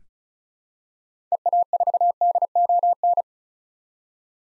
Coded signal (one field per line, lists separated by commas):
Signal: Morse code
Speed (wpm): 36 wpm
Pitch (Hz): 700 Hz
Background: none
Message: EA4DON